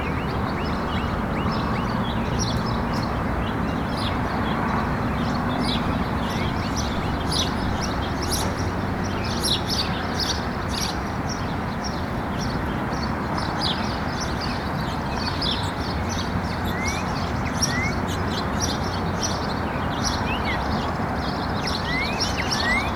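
Birds chirp and tweet throughout, short bright calls scattered densely across the clip with quick upward flicks near the end. Underneath, a steady low rush of wind fills the scene evenly, and the overall level stays constant from start to finish.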